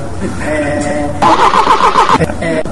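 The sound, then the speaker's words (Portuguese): A car engine starts: a steady whirring crank, then the motor catches with a loud, rough roar for about a second before dropping back to a lower, even hum. “É o motor de carro.”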